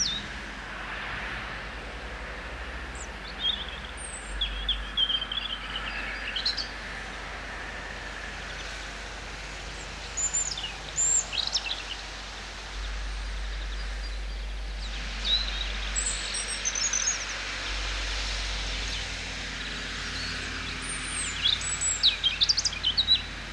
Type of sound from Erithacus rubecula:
song